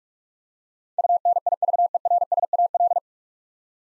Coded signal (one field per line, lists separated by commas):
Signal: Morse code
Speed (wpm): 46 wpm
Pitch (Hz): 700 Hz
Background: none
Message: UNIVERSAL